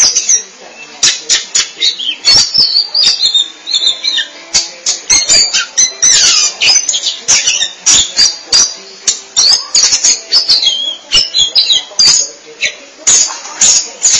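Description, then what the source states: Oriental magpie-robin song, dense chatter of high squeaky and scratchy notes broken by frequent sharp clicks. Chirping song (kicauan) of the bird.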